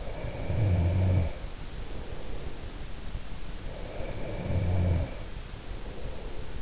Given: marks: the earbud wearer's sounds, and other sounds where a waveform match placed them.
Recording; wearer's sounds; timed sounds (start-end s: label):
sounds in sleep by an in-ear microphone; snoring breath, breath
0.13-2.70 s: snoring breath
3.73-6.62 s: breath